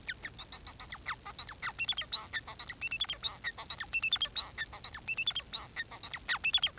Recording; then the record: song of a male Bengalese finch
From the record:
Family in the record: son of father 4